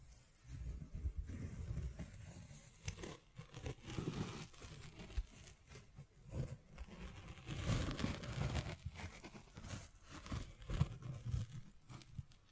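Scratching and tapping go on in an irregular, busy stream for the whole span, with rough papery rasps and crinkles mixed with dull low thumps. Sharp clicks pop out around 3, 6.5 and 11 seconds, and short quiet gaps break up the activity.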